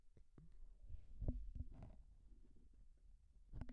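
Low, irregular gurgles and rumbles from an adult's stomach, picked up with a microphone held close against the tummy: ordinary bowel sounds.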